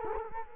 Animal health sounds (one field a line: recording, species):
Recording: mosquito wingbeat signal from an infrared sensor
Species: Culex quinquefasciatus